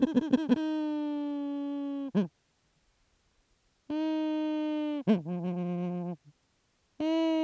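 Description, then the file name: Grey petrel calling in long, steady, reedy moans separated by silence, with brief stuttering pulses between them. "Philippe Lambret - P trel gris"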